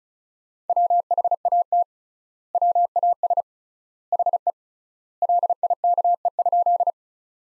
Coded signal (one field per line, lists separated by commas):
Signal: Morse code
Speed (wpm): 36 wpm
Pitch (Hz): 700 Hz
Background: none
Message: WHAT WAS HE LIKE?